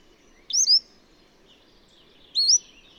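Bird song with two bright, whistled, slurred phrases, each a quick rising-then-falling sweep, about two seconds apart over a faint background of twittering.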